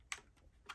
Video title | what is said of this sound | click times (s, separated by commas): UNBOXING - Dyson Outsize Absolute! | oh got it on upside down there we go so you put the end cap back on locks into place | 0.1 s